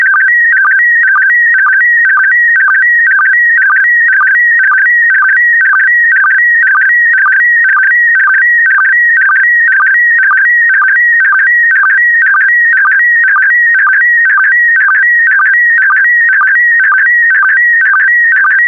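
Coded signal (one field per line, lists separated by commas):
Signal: SSTV (slow-scan television)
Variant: PD120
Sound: steady warbling tone stepping between pitches, with rapid regular low chirps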